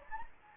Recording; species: mosquito wingbeat signal from an infrared sensor; Anopheles gambiae